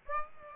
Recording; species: mosquito wingbeat signal from an infrared sensor; Aedes aegypti